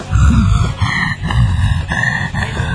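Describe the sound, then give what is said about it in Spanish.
A voice imitates slow, congested breathing like Darth Vader: rough, raspy breaths with a wheezing, gurgling edge, repeating in a steady rhythm of about four cycles with no words spoken. “Camino al baño, sentía que mi respiración era lenta, lermática, pitillante. Me había convertido en Darth Vader.”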